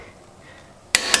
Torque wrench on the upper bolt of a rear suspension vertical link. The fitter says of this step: wait for the click already done that one so it's at 80 should be good to go